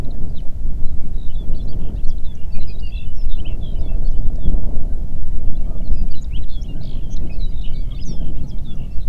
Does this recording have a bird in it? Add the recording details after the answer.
yes. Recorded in the Prudhoe Bay oil fields, Alaska, on 8 June 2019 at 04:54. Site 30